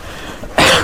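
An adult coughs once, a sudden loud burst after a quiet stretch; the cough is from an allergy.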